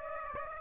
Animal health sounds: mosquito wingbeat signal from an infrared sensor; Aedes aegypti

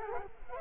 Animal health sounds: mosquito wingbeat signal from an infrared sensor; Culex quinquefasciatus

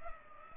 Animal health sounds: mosquito wingbeat signal from an infrared sensor; Culex pipiens

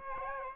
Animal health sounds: mosquito wingbeat signal from an infrared sensor; Aedes aegypti

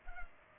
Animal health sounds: mosquito wingbeat signal from an infrared sensor; Culex pipiens

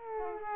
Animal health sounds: mosquito wingbeat signal from an infrared sensor; Aedes aegypti

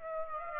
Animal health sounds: mosquito wingbeat signal from an infrared sensor; Aedes aegypti

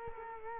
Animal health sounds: mosquito wingbeat signal from an infrared sensor; Culex quinquefasciatus

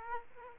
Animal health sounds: mosquito wingbeat signal from an infrared sensor; Aedes aegypti

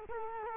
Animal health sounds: mosquito wingbeat signal from an infrared sensor; Culex quinquefasciatus

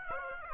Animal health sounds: mosquito wingbeat signal from an infrared sensor; Aedes aegypti

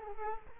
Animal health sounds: mosquito wingbeat signal from an infrared sensor; Culex quinquefasciatus

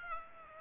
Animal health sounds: mosquito wingbeat signal from an infrared sensor; Aedes aegypti

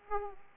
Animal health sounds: mosquito wingbeat signal from an infrared sensor; Aedes aegypti

